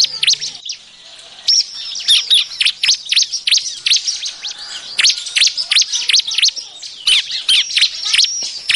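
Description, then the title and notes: Bar-winged prinia calls: rapid, sharp high chirps and squeaky notes in dense bursts, a short pause near the start, then continuous busy chattering. Lure call used for trapping birds, described as an effective lure sound. "BURUNG CIBLEK MANCING LAINNYA. Suara Ciblek Pikat"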